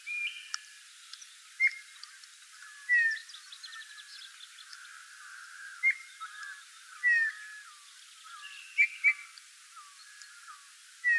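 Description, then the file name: Eurasian Bullfinch calling with soft, slightly descending piped whistles, some doubled, repeated every one to three seconds, with other birds twittering faintly behind. "Pyrrhula pyrrhula"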